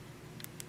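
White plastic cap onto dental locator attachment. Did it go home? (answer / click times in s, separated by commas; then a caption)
yes / 0.4 s, 0.6 s. A white plastic cap is pressed onto a dental locator attachment on a benchtop implant model, giving two short, sharp clicks at 0.4 s and 0.6 s over a low steady background hum. The cap snaps home and is seated firmly enough that it won't come apart.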